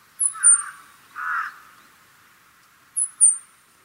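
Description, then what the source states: Green pheasant giving a pair of short, harsh, hoarse notes in quick succession, with thin, high, downslurred sounds at the start and end. Senami coast, Niigata Prefecture, Japan.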